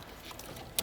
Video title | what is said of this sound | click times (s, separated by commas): Cupra Ateca 2029- Montaje de enganche y kit electrónico [1181] | Descendez jusqu’en bas jusqu’à ce que vous entendiez les deux clics | 0.4 s, 0.8 s